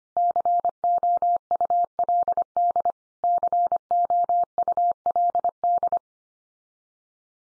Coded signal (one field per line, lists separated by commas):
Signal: Morse code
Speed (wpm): 25 wpm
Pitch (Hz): 700 Hz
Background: none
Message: COULD COULD